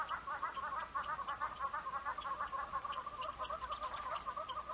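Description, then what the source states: Wood hoopoe chatter: a steady run of quick, rather low, repeated chuckling notes with a few higher chirps scattered through. African wood hoopoes.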